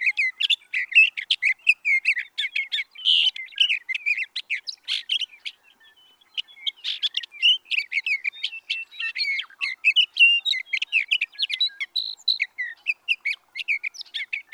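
Sage thrasher delivering a long rambling song of rapid warbles and chips, pausing briefly near the middle before resuming the same hurried, varied stream.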